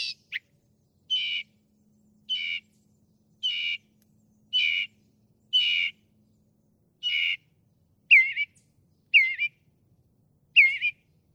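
Northern mockingbird song: a harsh scratchy note repeated about every second several times, then switching to a looping whistled phrase given three times.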